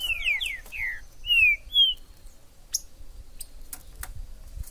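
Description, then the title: Green-winged saltator song: rapid slurred whistles in the first two seconds, followed by a short gap and faint scattered clicks. Trinca-ferro in the forest, chirping, singing and acting male in a song dispute, described as a 'major' singer; meant to stir up a pet saltator. "Esse VÍDEO de TRINCA FERRO no MATO vai DEIXAR seu TRINCA LOUCO!! Trinca ferro MAJOR no MATO!!"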